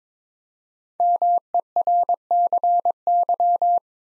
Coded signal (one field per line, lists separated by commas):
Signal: Morse code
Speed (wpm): 22 wpm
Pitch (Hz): 700 Hz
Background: none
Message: MERCY